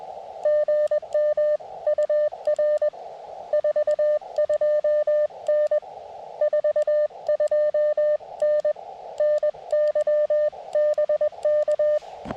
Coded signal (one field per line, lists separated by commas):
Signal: Morse code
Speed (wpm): 20 wpm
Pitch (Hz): 600 Hz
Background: radio noise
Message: GMUR 42N 42N NYBK